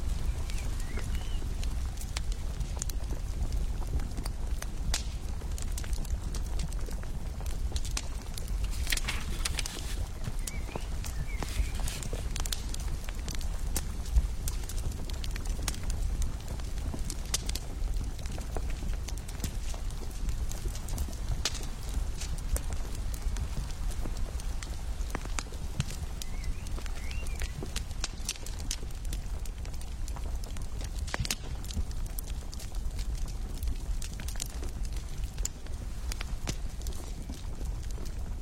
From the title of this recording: the library of the Renaissance period, turn the pages of the book, listen to the firewood